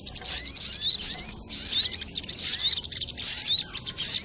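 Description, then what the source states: Crimson Sunbird song in several lively high twittering bursts, with sweeping squeaky notes and brief pauses between them. Masteran recording for training cage birds, titled Labaik.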